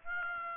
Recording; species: mosquito wingbeat signal from an infrared sensor; Aedes aegypti